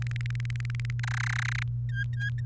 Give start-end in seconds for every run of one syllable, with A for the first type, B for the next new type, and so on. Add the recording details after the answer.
0.02-1.00 A, 1.03-1.63 B, 1.89-2.46 C. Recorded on 29 April 2018 at 18:14. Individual llb3